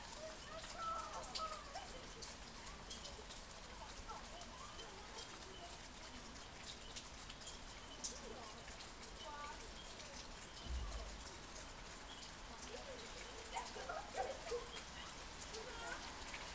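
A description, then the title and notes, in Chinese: Steady rain patters throughout with scattered bird chirps, faint murmuring voices, and a brief low vehicle rumble around eleven seconds. 佛光大學宿舍。雨滴、鳥、車輛、對話。地點：宜蘭縣佛光大學。設備：Tascam DR-40x。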